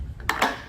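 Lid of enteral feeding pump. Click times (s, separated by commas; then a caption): 0.3 s. After the tubing is loaded, the plastic lid of an enteral feeding pump is closed. It latches with a sharp click at 0.3 s, and a fuller knock follows just after. The lid is seated shut.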